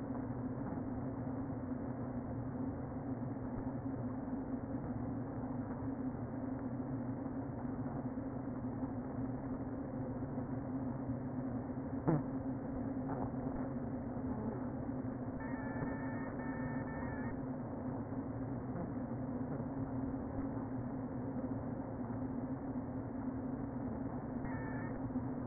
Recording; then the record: honeybee colony, microphone inside the hive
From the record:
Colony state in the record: queen present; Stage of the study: before two queens were removed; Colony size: about 60,000 bees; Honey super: yes